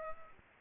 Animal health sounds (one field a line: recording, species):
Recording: mosquito wingbeat signal from an infrared sensor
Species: Culex pipiens